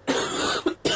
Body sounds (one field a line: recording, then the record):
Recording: coughing mixed with background sound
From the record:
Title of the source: 30 Chesty and wet cough